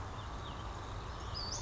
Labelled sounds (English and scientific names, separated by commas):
Western Flycatcher (Empidonax difficilis)